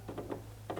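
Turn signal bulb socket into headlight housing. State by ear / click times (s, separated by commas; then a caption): not seated / none. A plastic turn signal bulb socket on a Kia Sportage is pushed toward the headlight housing at the wrong rotation for a front turn signal LED upgrade, and it will not go in. Soft taps near 0.1, 0.2 and 0.3 seconds, then sharper ones around 0.7 and 0.8 seconds, are the socket bumping the housing, not a latch. Nothing has seated or clicked yet.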